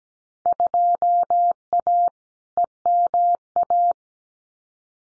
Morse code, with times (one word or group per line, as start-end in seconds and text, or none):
0.5-2.1 2A
2.6-3.9 EMA